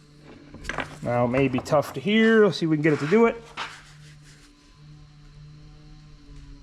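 A lubricated fuel line quick-connect fitting with a new o-ring is handled at the fuel pump module's sender tube outlet on a 2015-2019 Chevy Tahoe or GMC Yukon, with brief sharp handling taps near 0.7 s and 0.8 s while someone talks. Nothing has seated or clicked yet; the clip ends before the connector snaps home.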